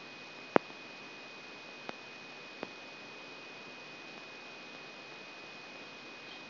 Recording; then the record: brain microelectrode recording played as sound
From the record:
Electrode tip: outside the subthalamic nucleus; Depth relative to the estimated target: -8 mm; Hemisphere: left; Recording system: AlphaMap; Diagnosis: Parkinson's disease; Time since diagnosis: 16 years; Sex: male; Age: 60 years